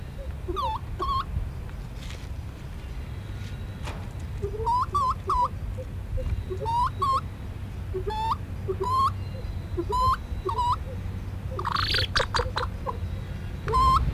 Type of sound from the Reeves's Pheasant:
call